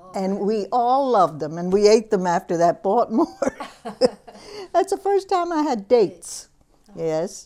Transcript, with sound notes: And we all loved them, and we ate them after that, bought more. ( they laugh ) That's the first time I had dates, yes.